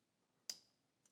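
Green fiber-optic cables are pulled out of the plastic connector on a BMW's factory amplifier. A sharp click sounds at 0.5 s, followed by a brief fading ring and a fainter tick around 1.1 s. The cables pop out, released from the connector.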